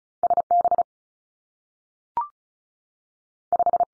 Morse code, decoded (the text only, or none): S B 5